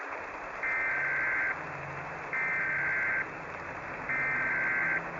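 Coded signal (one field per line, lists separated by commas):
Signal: Emergency Alert System (SAME) tones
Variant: header bursts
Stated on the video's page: Fictional post-apocalyptic radio broadcast with simulated EAS tones and radio static.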